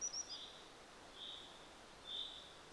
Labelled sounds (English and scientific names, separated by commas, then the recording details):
Common Chaffinch (Fringilla coelebs)
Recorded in Germany
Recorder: ecoPi